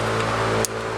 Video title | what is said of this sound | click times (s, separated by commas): Cooling Fan Harness - 1996 Impala SS | You hear that click? That's one, | 0.6 s